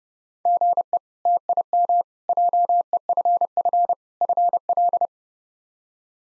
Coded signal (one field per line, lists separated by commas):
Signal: Morse code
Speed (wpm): 30 wpm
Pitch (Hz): 700 Hz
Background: none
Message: GE TIM JEFF FL